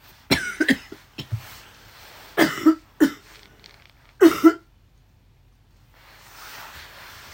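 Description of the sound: An adult woman gives a run of short, harsh coughs over about five seconds, in five bouts, several of them paired. The coughing comes with a common cold; her throat is bad and her voice hoarse and raspy. The room is otherwise quiet.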